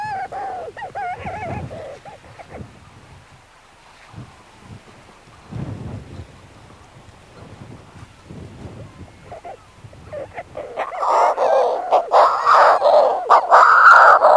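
Manx shearwater giving harsh, raucous cackling calls, quieter and broken at first, then building into a loud, rapid, rhythmic series over the final few seconds.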